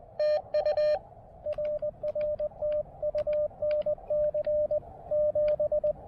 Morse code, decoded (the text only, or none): TU RR TU NC 7